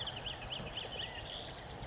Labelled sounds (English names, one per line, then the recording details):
California Quail
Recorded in Sonoma County, California